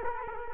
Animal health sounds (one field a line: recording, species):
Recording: mosquito wingbeat signal from an infrared sensor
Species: Culex quinquefasciatus